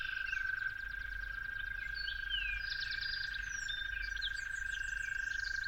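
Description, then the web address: Toad trill, one unbroken monotone purr running throughout, with birds singing sliding whistles and chirps in the background. Toads calling at dawn. "musicofnature Toads at Dawn"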